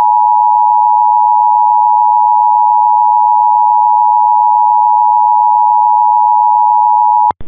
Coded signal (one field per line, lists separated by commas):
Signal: Emergency Alert System (SAME) tones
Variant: 853 and 960 Hz attention tone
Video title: 2 TORs for Salem, NJ and New Castle, DE [EAS #1,325-1,326]